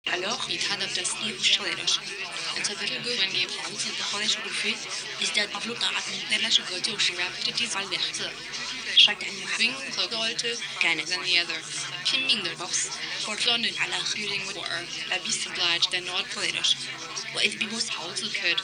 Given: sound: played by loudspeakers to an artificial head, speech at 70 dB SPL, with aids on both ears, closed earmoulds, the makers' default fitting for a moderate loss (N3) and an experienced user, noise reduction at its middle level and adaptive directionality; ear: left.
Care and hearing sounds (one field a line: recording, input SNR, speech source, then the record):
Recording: speech test signal (ISTS) in cocktail-party noise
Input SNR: 0 dB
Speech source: in front (0 degrees)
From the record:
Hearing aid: class 2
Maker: A